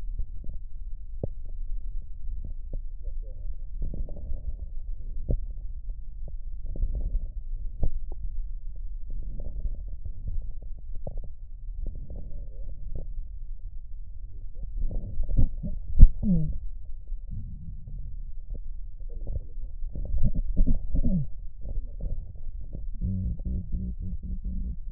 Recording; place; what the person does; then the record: lung sounds by stethoscope; left posterior basal chest; quiet breathing, then cough and speech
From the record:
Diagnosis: COPD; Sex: female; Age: 72 years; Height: 156 cm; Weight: 72 kg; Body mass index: 29.6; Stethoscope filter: extended mode